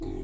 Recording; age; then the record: pig call; weaner (32 to 43 days)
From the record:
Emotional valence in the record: positive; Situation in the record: positive conditioning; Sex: female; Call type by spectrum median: low-frequency call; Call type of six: low-frequency stable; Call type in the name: low-frequency stable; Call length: 0.24 s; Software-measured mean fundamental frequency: 44 Hz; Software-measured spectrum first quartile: 53 Hz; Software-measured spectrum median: 223 Hz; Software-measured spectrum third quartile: 373 Hz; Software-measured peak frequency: 338 Hz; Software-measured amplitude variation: 139 dB a second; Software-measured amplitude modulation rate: 31.4 a second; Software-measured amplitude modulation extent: 4.4 dB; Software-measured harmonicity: 1.8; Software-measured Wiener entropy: -0.24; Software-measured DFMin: 1264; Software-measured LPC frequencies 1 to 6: 348, 812, 2097, 3544, 4050, 5711 Hz